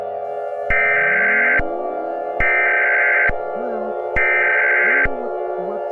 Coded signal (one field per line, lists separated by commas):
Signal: Emergency Alert System (SAME) tones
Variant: header bursts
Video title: EAS Scenario #11: Rainbow Rangers Attacks New Jersey II (REMASTERED)